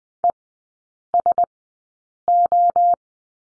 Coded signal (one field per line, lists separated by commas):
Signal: Morse code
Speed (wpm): 20 wpm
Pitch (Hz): 700 Hz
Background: none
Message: ESO